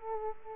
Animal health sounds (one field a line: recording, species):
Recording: mosquito wingbeat signal from an infrared sensor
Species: Aedes aegypti